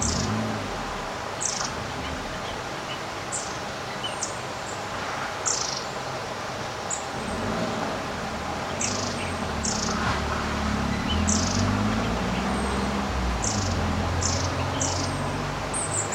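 Birds sing in short, high chirps that come every second or so throughout, some in quick pairs. Beneath them a steady low rumble, like passing traffic, fills the whole stretch, with faint murmuring low tones around the middle and later.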